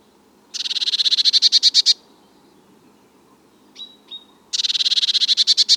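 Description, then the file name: Eurasian blue tit calling twice: two rapid runs of high notes, each swelling in volume, separated by a pause holding two brief thin whistles. "Cyanistes caeruleus"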